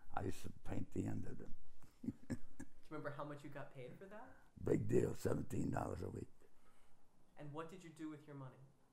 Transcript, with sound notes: I used to paint the end of them. [chuckles]
Do you remember how much you got paid for that?
Big deal, $17 a week.
And what did you do with your money?